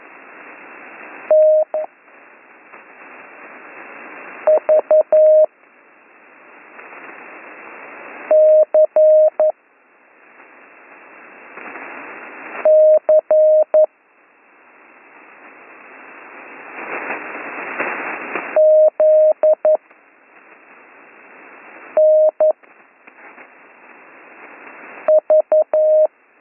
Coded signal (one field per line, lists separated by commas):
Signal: Morse code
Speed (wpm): 11 wpm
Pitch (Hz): 620 Hz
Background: radio noise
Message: T V C C Z N V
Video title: Slow Morse Code Course - Week 5 - Learn Morse Code